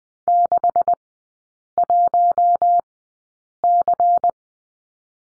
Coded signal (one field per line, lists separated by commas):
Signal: Morse code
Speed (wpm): 20 wpm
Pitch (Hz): 700 Hz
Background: none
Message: 61C